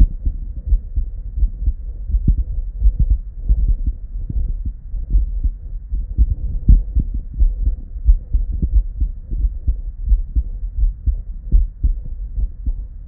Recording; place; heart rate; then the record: heart sounds by stethoscope; Erb's point; 81 bpm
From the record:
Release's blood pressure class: elevated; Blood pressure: 120/56 mmHg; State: at rest